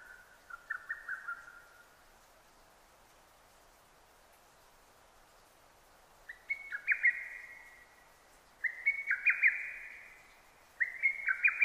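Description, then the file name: Lesser cuckoo phrases of quick, sharp whistled notes: one lower phrase, a pause of several seconds, then three brighter phrases in steady succession. Recorded 6 June 2009. "hototogisu-20090606"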